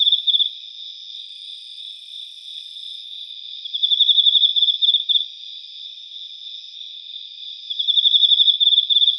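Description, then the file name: Emma field cricket song: clear bursts of rapid chirping pulses roughly every four seconds over a steady softer background chirring. "Teleogryllus emma"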